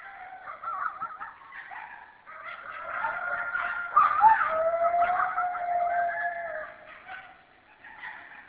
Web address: coyote